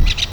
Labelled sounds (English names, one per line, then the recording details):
Brown-throated Parakeet contact call
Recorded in Venezuela
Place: PN Cerro Saroche, Tierras del Sr. Polo, Edo. Lara
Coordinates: 10.171, -69.518